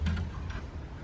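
An embroidery hoop holding tote bag fabric is handled and pushed toward the embroidery machine's hoop holder, giving a few soft, light ticking knocks over a low hum. Nothing has clicked or seated into place yet.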